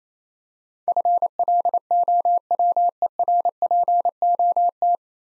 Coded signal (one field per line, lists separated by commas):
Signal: Morse code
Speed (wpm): 28 wpm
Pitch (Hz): 700 Hz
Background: none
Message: FLOWERPOT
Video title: Easy Words - Speed-Racing with Hints - 22wpm